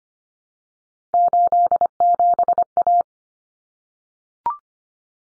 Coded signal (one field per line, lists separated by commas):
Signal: Morse code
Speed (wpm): 25 wpm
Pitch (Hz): 700 Hz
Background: none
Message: 87A